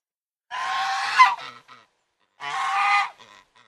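Domestic goose uttering two long, raspy honks about two seconds apart, each trailing into short softer notes.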